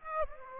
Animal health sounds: mosquito wingbeat signal from an infrared sensor; Aedes aegypti

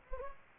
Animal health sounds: mosquito wingbeat signal from an infrared sensor; Anopheles gambiae

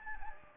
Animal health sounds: mosquito wingbeat signal from an infrared sensor; Anopheles gambiae

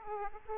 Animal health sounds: mosquito wingbeat signal from an infrared sensor; Aedes aegypti

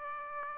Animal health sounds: mosquito wingbeat signal from an infrared sensor; Aedes aegypti

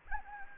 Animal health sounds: mosquito wingbeat signal from an infrared sensor; Anopheles gambiae

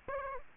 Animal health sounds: mosquito wingbeat signal from an infrared sensor; Aedes aegypti

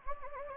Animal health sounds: mosquito wingbeat signal from an infrared sensor; Anopheles gambiae

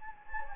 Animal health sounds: mosquito wingbeat signal from an infrared sensor; Anopheles gambiae

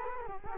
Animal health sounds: mosquito wingbeat signal from an infrared sensor; Culex quinquefasciatus

